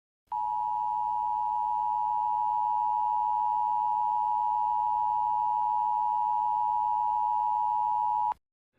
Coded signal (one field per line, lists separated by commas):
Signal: Emergency Alert System (SAME) tones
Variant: 853 and 960 Hz attention tone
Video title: Eas zombie alert